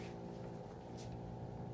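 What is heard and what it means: A student nurse stabilizes the tracheostomy and lines up the cleaned inner cannula before inserting it into the tracheostomy tube. A steady low hum fills the clip with no distinct impacts. Nothing has seated or clicked yet.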